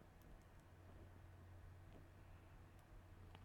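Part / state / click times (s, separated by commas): crimped wire terminal into plastic connector housing / seated / 3.3 s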